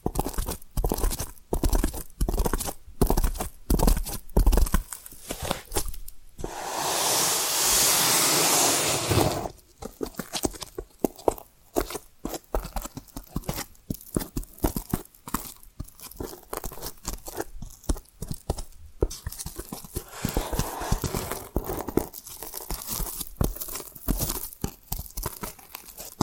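Rapid, irregular tapping and scratching crackles throughout, broken by a loud, steady hiss from about six to nine seconds.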